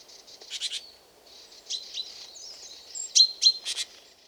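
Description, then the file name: Great tit calls: rasping buzzy bursts and a few thin, sharp high notes, uneven and close together. "Parus major"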